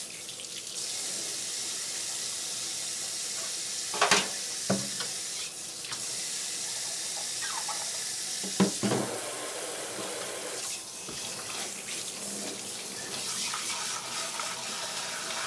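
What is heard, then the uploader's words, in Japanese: Washing dishes at a sink, with tap water running in a steady hiss throughout. Dishes clink and clatter now and then, with sharper knocks around four to five seconds and again near nine seconds, and lighter rattles later. 環境音 洗い物2。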